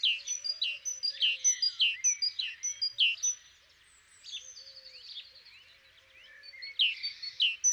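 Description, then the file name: Great tit singing quick high-low two-note phrases, with soft low whistles underneath and a brief lull midway. "Parus major"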